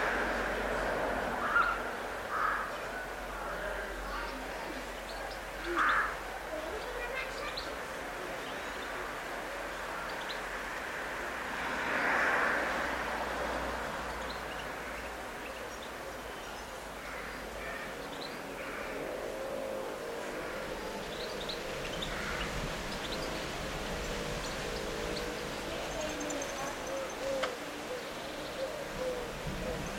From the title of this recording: Field Recording - My Backyard - late afternoon